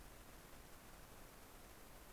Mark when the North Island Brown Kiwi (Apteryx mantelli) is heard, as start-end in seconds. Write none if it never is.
none